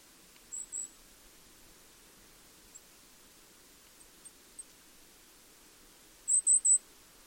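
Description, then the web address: Bird calls, high sharp pips: a quick pair early, faint ticks between, then a loud run of three rapid notes at the end. "cianscape. Deverinetal 2025. Bird Only"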